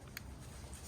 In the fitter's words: faint click, but that's in now.